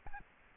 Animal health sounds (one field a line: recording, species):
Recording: mosquito wingbeat signal from an infrared sensor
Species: Aedes albopictus